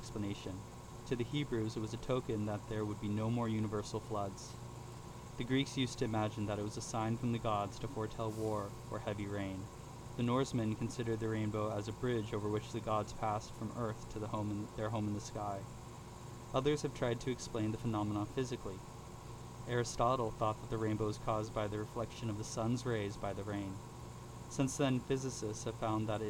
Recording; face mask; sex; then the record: reading aloud; surgical mask; male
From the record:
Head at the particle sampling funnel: tilted down, bridge of the nose in front of it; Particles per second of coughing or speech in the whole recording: 0.135